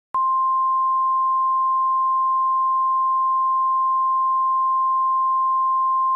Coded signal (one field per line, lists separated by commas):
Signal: Emergency Alert System (SAME) tones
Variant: 1050 Hz attention tone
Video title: EAS Scenario | The Sun Explodes